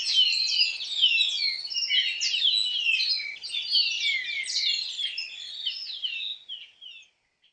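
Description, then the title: Greyish baywing song: a dense, continuous jumble of high chattering and squeaky notes, fading out near the end. "LuckyPassaro Completos2Sama. Baywing (Agelaioides badius)"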